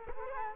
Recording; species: mosquito wingbeat signal from an infrared sensor; Culex quinquefasciatus